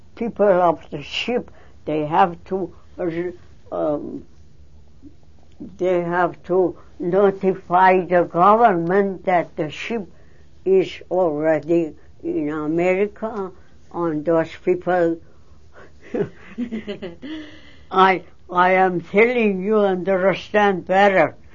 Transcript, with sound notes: people of the ship, they have to, they have notify the government that the ship is already in America, or those people... ( they laugh ) I am telling, you understand better.